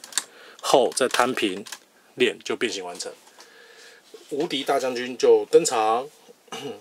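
The plastic wing assembly on a 1994 Bandai DX Muteki Shogun combining robot toy from Ninja Sentai Kakuranger is pushed upward and snapped into place, then flattened. A sharp snap lands at 0.2 seconds among a few small clicks near the start, and the wing seats. Someone talks throughout.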